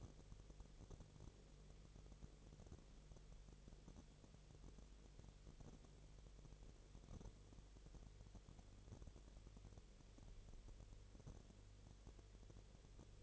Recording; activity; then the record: daily activity, microphone in the room; no activity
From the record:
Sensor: 4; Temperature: 22.4 degrees Celsius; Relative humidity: 30.8%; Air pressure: 1004.1 hPa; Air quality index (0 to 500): 86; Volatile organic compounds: 1 ppm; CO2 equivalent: 775 ppm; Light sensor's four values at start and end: 2/3/1/1 and 2/3/1/1